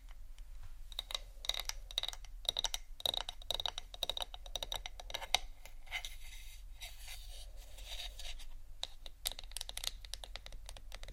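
Marble and wood tapping with scratching and crinkles, as a rapid, irregular run of small sharp clicks and taps that keeps up for the whole clip. The first half is busier and brighter, with crisp ticks, and after about six seconds the sound thins into looser scraping crinkles under a low steady hum.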